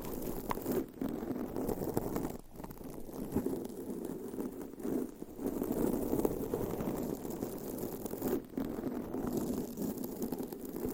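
Nails scratch across a microphone cover in a dense, continuous rasp, mostly low and mid-pitched, with bright crackly edges. The strokes come in uneven bursts and brief pauses, with short dips in loudness near 1, 2.5, 5 and 8.5 seconds.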